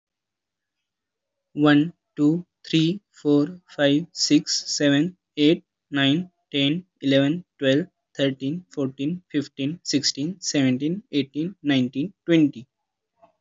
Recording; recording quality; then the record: counting at a normal pace; excellent, no background noise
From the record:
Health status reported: healthy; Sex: male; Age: 22 years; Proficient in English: yes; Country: India